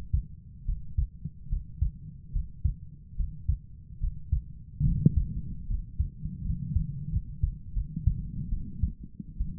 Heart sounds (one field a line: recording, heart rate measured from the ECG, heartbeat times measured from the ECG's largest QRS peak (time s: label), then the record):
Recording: heart sounds by stethoscope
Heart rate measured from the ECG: 76 bpm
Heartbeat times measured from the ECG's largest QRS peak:
0.65 s: heartbeat
1.49 s: heartbeat
2.33 s: heartbeat
3.17 s: heartbeat
4.00 s: heartbeat
4.85 s: heartbeat
5.68 s: heartbeat
6.43 s: heartbeat
7.11 s: heartbeat
7.74 s: heartbeat
8.50 s: heartbeat
9.38 s: heartbeat
From the record:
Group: healthy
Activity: breath hold 0-5 s, rest 5-10 s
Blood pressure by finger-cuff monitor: 127/67 mmHg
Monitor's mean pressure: 87 mmHg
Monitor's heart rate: 71 bpm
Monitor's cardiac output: 6.4 L/min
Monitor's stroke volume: 90 mL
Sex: female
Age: 22 years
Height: 160 cm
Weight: 63 kg